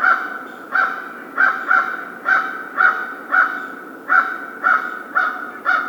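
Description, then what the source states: American crow giving loud, hoarse caws, about eleven in six seconds. 1 February 2010.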